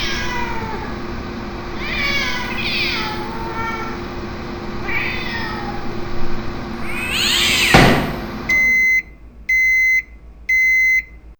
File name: cat